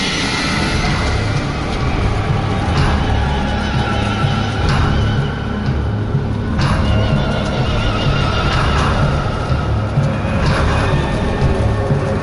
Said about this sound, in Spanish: de forma que cada uno de los espectadores describió más tarde de un modo distinto, el desdichado Helo profirió un aullido que ningún hombre había oído nunca salir de la garganta de un caballo.